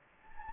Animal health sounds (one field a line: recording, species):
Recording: mosquito wingbeat signal from an infrared sensor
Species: Anopheles gambiae